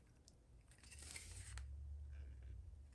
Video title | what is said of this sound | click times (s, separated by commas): How to Improve Reverse Lighting on your 5th Gen 4Runner! | plug it in until you hear that click. | 1.6 s